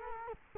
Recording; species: mosquito wingbeat signal from an infrared sensor; Culex quinquefasciatus